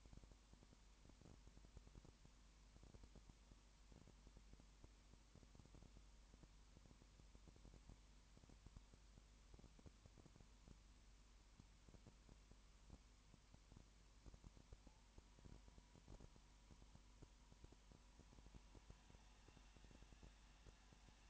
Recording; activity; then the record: daily activity, microphone in the room; no activity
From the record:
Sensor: 1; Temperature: 19.7 degrees Celsius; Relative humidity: 40.5%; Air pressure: 1010.6 hPa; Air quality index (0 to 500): 209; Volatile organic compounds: 56 ppm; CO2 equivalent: 3375 ppm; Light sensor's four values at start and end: 1/2/1/1 and 1/2/1/1